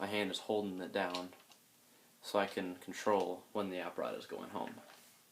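Someone talks while a loaded steel en bloc clip is handled at the internal magazine of an M1 Garand rifle, with a hand holding the op rod back to control when it goes home. A faint short tap is heard around 1.5 s in a pause in the talking. Nothing has seated or clicked yet.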